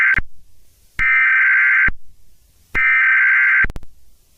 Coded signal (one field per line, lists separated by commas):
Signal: Emergency Alert System (SAME) tones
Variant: header bursts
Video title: Indominus rex escape (EAS SCENARIO Jurrasic World 2015)